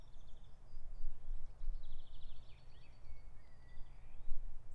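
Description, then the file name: Bird calls, high thin chirps and trills with a few short whistled notes, over a steady low rumble of environmental noise. "HPecha M birds"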